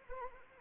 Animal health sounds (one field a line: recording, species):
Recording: mosquito wingbeat signal from an infrared sensor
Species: Anopheles arabiensis